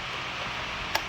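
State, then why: Seated. A MAP sensor on a Ford F250 6.7, being repaired for code P0069, is pushed by hand into its port in the new spacer on the engine intake. Against a steady low background, a single sharp click sounds at 0.9 s as the sensor snaps in and seats in place.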